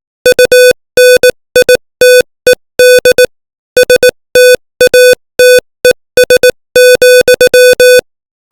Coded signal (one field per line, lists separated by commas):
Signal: Morse code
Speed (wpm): 18 wpm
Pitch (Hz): 500 Hz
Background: music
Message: UNITED STATES,